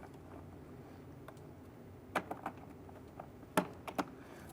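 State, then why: Seated. A wiring connector is pushed onto the power window motor inside the rear door of a 1999-2004 Jeep Grand Cherokee, with a few small clicks and taps from about 2.2 to 2.5 seconds over a steady low hum. The connector snaps into place with a sharp click at 3.6 seconds, followed by a couple of lighter clicks near 3.9 and 4.0 seconds, and it is seated.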